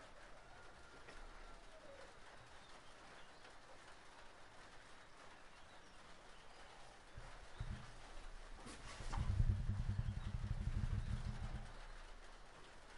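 Hard rain hits a roof in a steady, dense hiss with fine crackling throughout. A low rumble swells in briefly near the middle, then grows louder and holds from about nine to twelve seconds before fading, with a sharp tap just before it.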